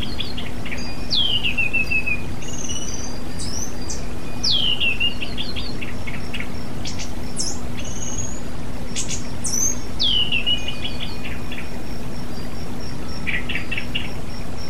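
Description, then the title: Oriental magpie-robin song with several descending slurred whistles, interspersed with buzzy notes and high chirps, over an unbroken low hum. "Kicau Kacer"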